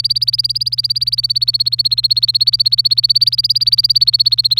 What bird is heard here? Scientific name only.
Serinus canaria